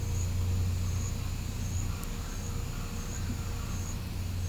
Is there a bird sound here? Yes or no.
no